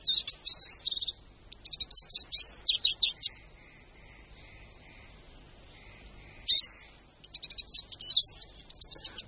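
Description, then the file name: Eurasian siskin singing high, fast twittering phrases with a drawn-out, falling wheeze, in two bursts separated by a few seconds of quiet. "Čížek-lesní"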